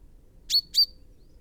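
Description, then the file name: Common chaffinch: a pair of sharp, high chaffinch call notes about a quarter second apart, each trailing into a brief thin whistle-like tone. "Fringilla coelebs"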